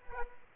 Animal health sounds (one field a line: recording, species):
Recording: mosquito wingbeat signal from an infrared sensor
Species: Aedes aegypti